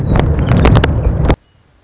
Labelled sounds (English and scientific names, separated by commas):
Western Meadowlark (Sturnella neglecta)